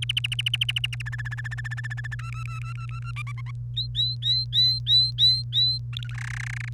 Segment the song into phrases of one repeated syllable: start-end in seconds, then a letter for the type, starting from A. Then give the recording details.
0.02-1.02 A, 1.06-2.15 B, 2.19-3.11 C, 3.16-3.51 D, 3.76-5.78 E, 5.93-6.16 F, 6.18-6.69 G. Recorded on 1 May 2018 at 18:07. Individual llb3